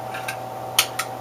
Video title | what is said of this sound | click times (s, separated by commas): gerber epic mod and update with the yankee cowboy | you hear it snap. It has a positive click. | 0.8 s